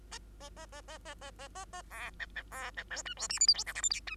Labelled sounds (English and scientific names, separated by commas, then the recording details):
Bengalese Finch (Lonchura striata domestica) song
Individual Bird2